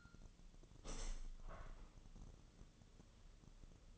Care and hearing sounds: daily activity, microphone in the room; open window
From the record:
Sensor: 4

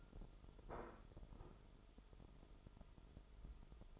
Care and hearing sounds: daily activity, microphone in the room; place plate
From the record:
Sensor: 5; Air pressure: 988.7 hPa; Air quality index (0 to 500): 236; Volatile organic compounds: 197 ppm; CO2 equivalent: 4203 ppm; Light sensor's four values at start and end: 40/124/48/51 and 40/124/48/51

